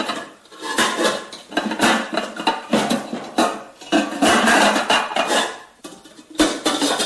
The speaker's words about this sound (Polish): A to co znowu? Też podobny dźwięk, trochę jak tłuczenie tym razem, nie? Nie. Leżymy tylko o siebie na przykład. Takie patelnie się ocierają. Mhm. I to ocierają się ostro i zdrowo, co?